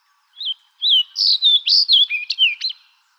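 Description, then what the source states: Fox Sparrow giving a single clear song: a short whistled lead-in, then a quick run of rich, slurred, rising and falling notes, about two and a half seconds long. Dated 21 April 2011.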